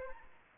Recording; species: mosquito wingbeat signal from an infrared sensor; Aedes aegypti